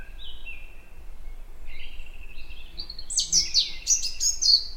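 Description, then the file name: European robin song: soft thin whistles at first, then a louder burst of high tumbling, sparkling notes near the end, with faint low rumble beneath. "Erithacus rubecula"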